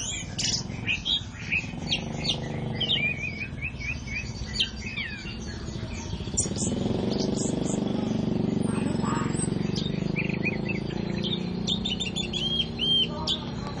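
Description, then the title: Oriental magpie-robin song, a varied run of sharp whistled notes and chirps, some slurred downward, over steady low rumbling background noise. "Kicau Kacer"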